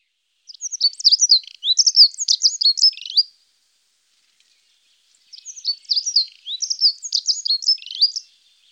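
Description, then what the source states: Dunnock song: a hurried, tinkling warble of thin high notes, given twice with about two seconds of silence between the phrases. Birds from Germany, Austria and Switzerland.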